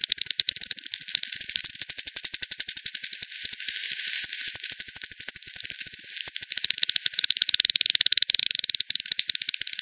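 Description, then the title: Bat echolocation calls as rapid rattling clicks, steady at first, thinning briefly midway, then resuming in fast even runs. Multiple bats at the Hogsmill River, Hogsmill Lane, 7 October 2020 at 18:10; recorded with frequency division (FD10), band-pass filtered and resampled. "WW bat 20201007 T 18 : 10 Z-Hogsmill-Lane-Hogsmill-River-multiple-bats"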